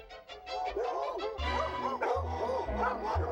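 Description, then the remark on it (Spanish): Several dogs bark and yip in a rapid, overlapping chorus of short, high-pitched calls, with a steady low rumble beneath them. “La ciudad ha sido tomada por los perros.”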